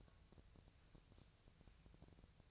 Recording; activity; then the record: daily activity, microphone in the room; take from stove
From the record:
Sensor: 2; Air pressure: 999.3 hPa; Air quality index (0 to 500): 195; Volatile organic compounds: 27 ppm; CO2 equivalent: 2885 ppm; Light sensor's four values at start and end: 6/15/6/6 and 6/15/6/6